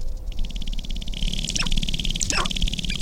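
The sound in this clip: Sharp-tailed grouse giving two harsh calls that sweep down in pitch, over a steady pulsing background sound.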